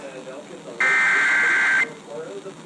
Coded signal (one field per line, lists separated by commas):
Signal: Emergency Alert System (SAME) tones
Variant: header bursts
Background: speech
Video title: More May SVRs | EAS #445-453 (Severe Weather Alerts from 5/7/2024)